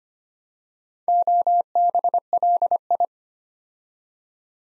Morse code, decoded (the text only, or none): OBLI